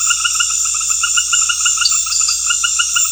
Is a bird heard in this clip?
no